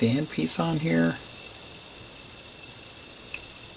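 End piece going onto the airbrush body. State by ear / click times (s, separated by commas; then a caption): seated / 3.3 s. Someone talks briefly as the end piece is threaded part way onto a Paasche H airbrush body during reassembly. A low steady hiss follows. At 3.3 s a single short, sharp click is heard as the end piece snaps into place and is seated.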